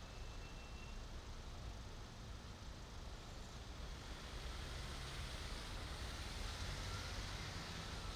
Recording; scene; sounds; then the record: everyday scene through a hearing-aid microphone; in traffic; traffic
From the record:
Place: main city hub, rush hour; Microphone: in the ear canal, right